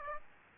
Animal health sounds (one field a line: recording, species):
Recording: mosquito wingbeat signal from an infrared sensor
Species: Aedes aegypti